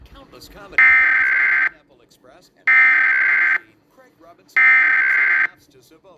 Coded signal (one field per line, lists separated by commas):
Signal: Emergency Alert System (SAME) tones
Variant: header bursts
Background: speech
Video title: KCBS, KNBC, KTLA 2023 EAS Test - October 4, 2023